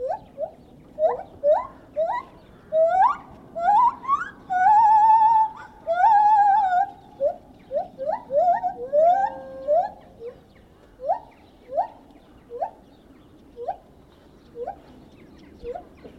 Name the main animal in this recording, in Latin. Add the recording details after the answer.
Hylobates lar. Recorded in captivity. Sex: pair. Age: adult. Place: Tierpark Berlin, Berlin, DE. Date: 1970-03-15 11:18. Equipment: Uher 4200 Report Stereo, Transistorverstärker II, Sennheiser MD 421, Doppelspuraufnahme. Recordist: Tembrock, Günter. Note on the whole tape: Rufreihen des Paares, überwiegend vom Männchen, eine Rufreihe des Weibchens (Abstand ca. 20 m). Gute Aufnahme